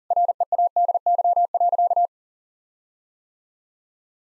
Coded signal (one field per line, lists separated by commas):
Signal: Morse code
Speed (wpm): 40 wpm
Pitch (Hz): 700 Hz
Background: none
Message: READY.